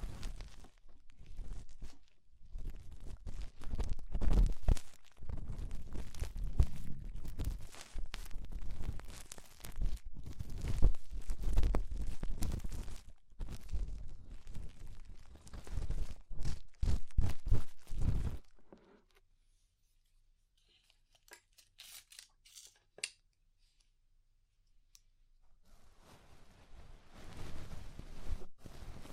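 Ear cleaning sounds with rhinestone and clay removal: dense crackling, scraping and rustling fill the first eighteen seconds in uneven bursts, with low rubbing thumps underneath. A near-silent gap follows, broken by a few faint ticks, before soft scratching returns at the end.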